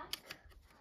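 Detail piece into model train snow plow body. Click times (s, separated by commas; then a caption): 0.1 s. A detail piece is pressed onto a plastic Atlas O-scale Strasburg snow plow model (TCA Custom Run) and snaps into place with a sharp click at 0.1 s, followed by a softer second click at 0.3 s. The piece is seated.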